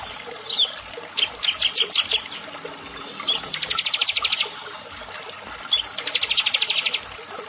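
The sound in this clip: Bar-winged prinia uttering scattered sharp chips, then two long, very fast, even buzzy trills, each about a second long.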